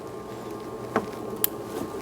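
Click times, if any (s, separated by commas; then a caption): 1.4 s. A plastic electrical connector is pushed onto the purge valve of a Ford Focus until it latches, with a sharp click at 1.4 s that seats it. A softer knock comes just before at 1.0 s over a steady low hum, and a faint tick follows near 2.0 s.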